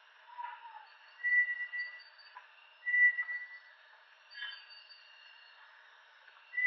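Bartlett's tinamou whistling several fairly soft, drawn-out notes, with a lower short note at the start, against a continuous steady background drone.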